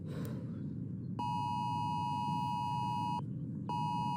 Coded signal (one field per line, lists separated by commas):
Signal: Emergency Alert System (SAME) tones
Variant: 853 and 960 Hz attention tone